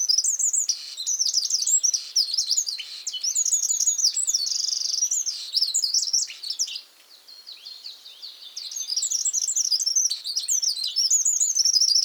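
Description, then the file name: Eurasian wren song: a loud, rapid, high-pitched torrent of trills and sharp twittering notes, briefly quieter past the middle before resuming with more rattling phrases. "Troglodytes troglodytes"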